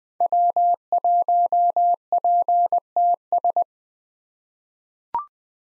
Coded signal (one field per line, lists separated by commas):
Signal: Morse code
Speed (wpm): 20 wpm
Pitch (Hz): 700 Hz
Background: none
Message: W1PTS